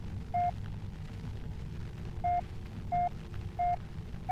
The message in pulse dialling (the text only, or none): none